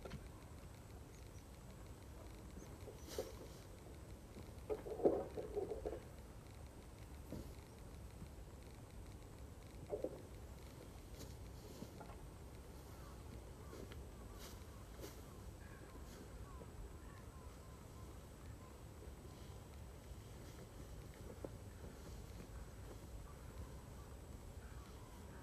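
Rice being harvested with a binder and hung on drying racks. A low, steady rumble runs throughout, with scattered clicks and rustles; a brief tonal call or voice stands out near five seconds and again around ten seconds, and a faint high whine persists.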